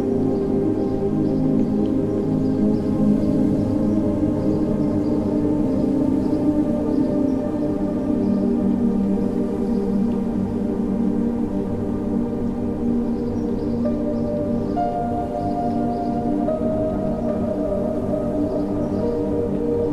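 Relaxing music fills the whole stretch with a thick, steady drone of low, ringing tones, like a gong or bowls humming together, at an even loudness throughout. Faint high bird chirps flicker above it now and then, and a brighter held note joins after fifteen seconds.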